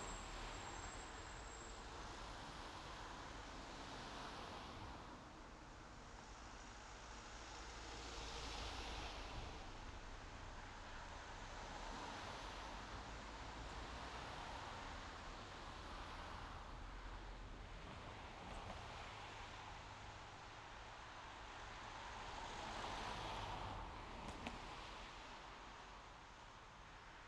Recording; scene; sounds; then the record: everyday scene through a hearing-aid microphone; in traffic; traffic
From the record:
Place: main road on the outskirts, rush hour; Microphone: in the ear canal, left